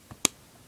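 A plastic foot or leg part of a Transformers Beast Hunters Laserback action figure is folded out during transformation, with a soft knock at 0.1 s. It snaps into its joint with a sharp, bright click at 0.3 s (0.25 s), seating in place; the same fold is done on both feet.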